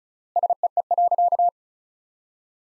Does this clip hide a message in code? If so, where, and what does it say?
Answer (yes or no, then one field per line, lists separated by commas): yes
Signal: Morse code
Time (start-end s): 0.4-1.5 s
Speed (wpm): 34 wpm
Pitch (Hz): 700 Hz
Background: none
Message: SEE.